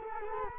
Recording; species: mosquito wingbeat signal from an infrared sensor; Culex quinquefasciatus